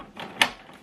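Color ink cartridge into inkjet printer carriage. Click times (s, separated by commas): 0.4 s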